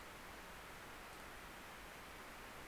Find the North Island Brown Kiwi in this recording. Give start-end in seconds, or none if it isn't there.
none